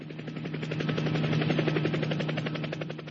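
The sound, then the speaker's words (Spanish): A helicopter ringtone: rapid, evenly spaced rotor chops over a steady low engine drone, holding at an even loudness for about three seconds with no voices. “Bien, acá, mirá, tengo un ringtone buenísimo de un helicóptero. ¿Querés que te lo mande?”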